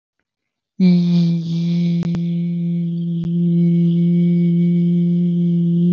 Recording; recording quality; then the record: sustained vowel as in beet; excellent, no background noise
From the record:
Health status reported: healthy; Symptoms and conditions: none ticked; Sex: male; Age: 25 years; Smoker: not ticked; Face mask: not worn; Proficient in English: yes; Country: India